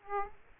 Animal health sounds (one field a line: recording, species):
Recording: mosquito wingbeat signal from an infrared sensor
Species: Aedes aegypti